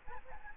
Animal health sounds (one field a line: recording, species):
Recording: mosquito wingbeat signal from an infrared sensor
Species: Aedes albopictus